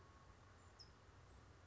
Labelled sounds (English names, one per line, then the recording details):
California Towhee
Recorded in Sonoma County, California